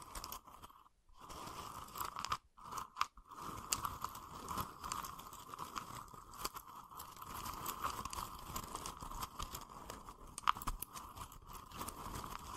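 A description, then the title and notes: Wooden triggers: a dense, continuous run of scratchy, crunchy tapping and rubbing with a steady mid-pitched ring running underneath. Brief silent gaps fall near one second and around two and a half to three seconds, and sharper clicks stand out now and then. ASMR Calming Wood Triggers for Sleep (No Talking).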